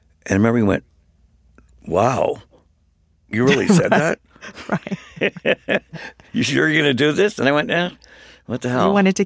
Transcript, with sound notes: And I remember he went, wow, you really said that?
Right.
(LAUGHTER)
You sure you're going to do this? And I went, eh, what the hell.